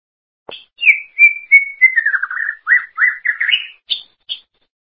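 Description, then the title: Greater green leafbird giving drawn-out whistled notes that slide downward into a series of rolling, warbled phrases, closing with two higher chirps. "Cucak ijo"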